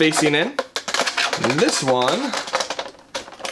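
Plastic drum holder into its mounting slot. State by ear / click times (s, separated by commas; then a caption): seated / 3.2 s. Someone talks while the second plastic drum holder, part B, with its blue face facing in, is pressed into its keyed mounting slot. It snaps into place with a sharp click at 3.2 s, and the holder is seated.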